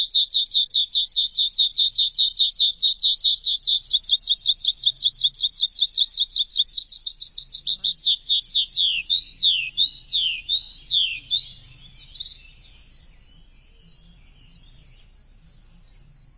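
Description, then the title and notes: Bird song: a long, fast trill of high notes, then slower descending slurred whistles and a string of sharp, clipped repeated notes. Chirping bird sounds intended for tutoring pet birds. "Suara Burung. Suara Kicauan Burung untuk memaster burung kesayangan"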